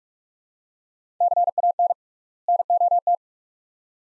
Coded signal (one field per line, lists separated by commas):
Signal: Morse code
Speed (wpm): 44 wpm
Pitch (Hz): 700 Hz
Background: none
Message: CAN NOT